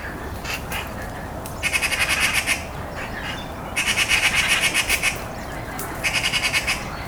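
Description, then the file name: Eurasian magpie giving harsh, rapid rattling chatter in three bursts, each a fast run of dry chak notes, separated by short pauses over a low background rumble. "Pica pica"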